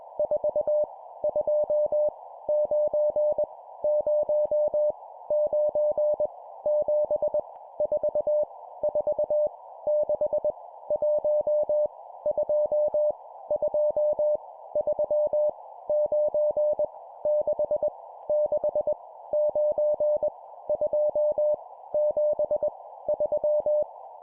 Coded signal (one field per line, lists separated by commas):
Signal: Morse code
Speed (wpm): 21 wpm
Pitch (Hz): 600 Hz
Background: none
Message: 4 2 9 0 9 7 4 4 6 1 2 2 3 9 6 6 9 2 7 3